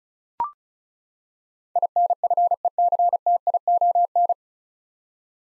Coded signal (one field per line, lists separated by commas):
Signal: Morse code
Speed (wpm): 34 wpm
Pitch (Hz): 700 Hz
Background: none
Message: INFECTION